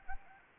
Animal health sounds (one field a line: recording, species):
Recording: mosquito wingbeat signal from an infrared sensor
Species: Anopheles arabiensis